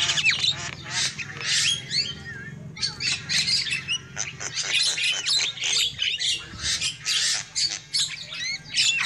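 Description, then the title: Lovebird chatter, shrill rasping squawks and squeaks in irregular bursts over a steady low hum. Lovebird lure call used for bird trapping. "PIKAT BURUNG LOVEBIRD"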